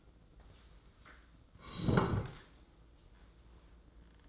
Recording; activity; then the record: daily activity, microphone in the room; sit down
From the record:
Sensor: 3